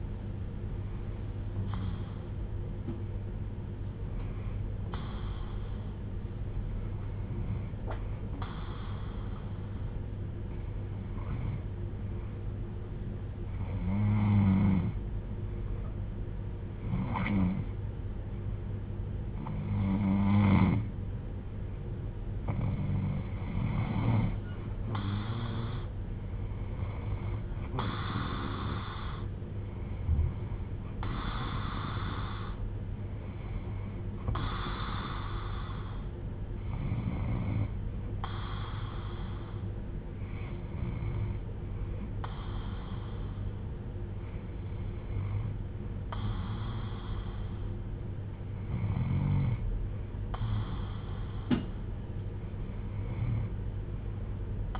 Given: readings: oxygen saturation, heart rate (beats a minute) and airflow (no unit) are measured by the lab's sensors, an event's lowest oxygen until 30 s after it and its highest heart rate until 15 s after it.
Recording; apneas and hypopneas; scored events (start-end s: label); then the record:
breathing in sleep by a smartphone at the bedside; 1
9.00-29.30 s: hypopnea (N2, oxygen 94% highest, then 91% lowest)
From the record:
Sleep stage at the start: N2 (light sleep); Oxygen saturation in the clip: 91 to 94%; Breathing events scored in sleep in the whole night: 310 in 8.1 hours asleep